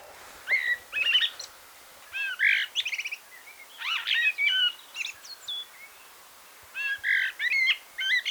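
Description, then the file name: Common blackbird song in short bursts: fluty slurs, rapid stuttering notes and thin high twitters, separated by brief gaps, over faint steady background hiss. "Turdus merula"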